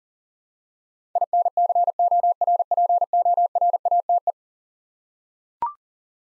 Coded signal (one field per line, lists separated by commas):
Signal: Morse code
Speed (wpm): 40 wpm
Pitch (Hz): 700 Hz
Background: none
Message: INCORPORATE